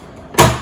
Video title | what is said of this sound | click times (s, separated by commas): Is the HPE MicroServer Gen11 the Best Choice for Small Business? | And you'll just feel it click. And then that's all set. | 0.4 s